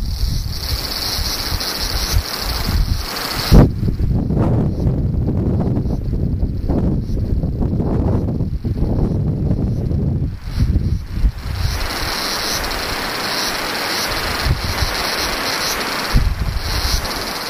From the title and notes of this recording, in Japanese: セミ風音。